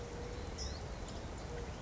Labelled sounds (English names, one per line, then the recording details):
California Towhee
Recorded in Sonoma County, California